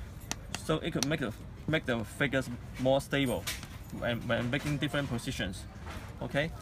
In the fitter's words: and you can see I need to hear the sound clicks and so